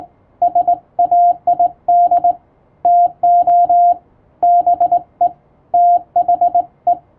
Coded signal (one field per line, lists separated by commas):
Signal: Morse code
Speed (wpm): 20 wpm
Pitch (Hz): 700 Hz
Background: radio noise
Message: SAID TO BE THE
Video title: 【URGENT POST】Thank you ! Over 1000 subscribers ! I'll say thank you in Morse code !